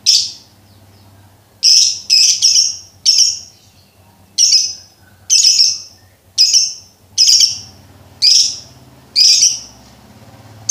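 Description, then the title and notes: Lovebird calls: loud, shrill, harsh squeaks given singly or in quick pairs, roughly once a second, over a faint low hum. Training recording for birds to learn the ngekek song style. "MASTERAN BURUNG. Belajar Ngekek. lofbet"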